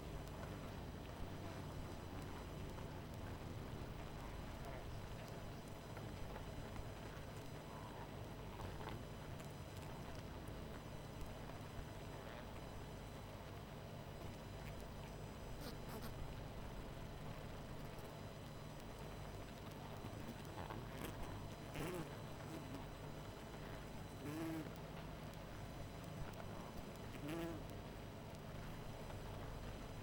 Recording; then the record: honeybee colony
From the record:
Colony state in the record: missing queen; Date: 14 July 2017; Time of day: 22:27